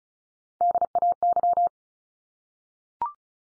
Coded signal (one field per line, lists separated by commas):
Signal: Morse code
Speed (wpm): 34 wpm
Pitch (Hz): 700 Hz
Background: none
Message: DAY